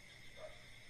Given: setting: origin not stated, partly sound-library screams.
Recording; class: one-second piece from a danger detection set; normal situation